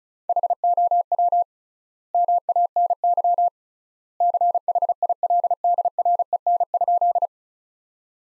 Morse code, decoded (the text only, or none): HOW MANY CHILDREN?